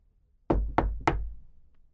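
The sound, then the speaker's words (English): Three firm knocks on the wooden door of a house after dark, in quick succession, each a sharp, resonant thud with a short decay, then quiet. “I thought that they looked kind, so I knocked on the door.”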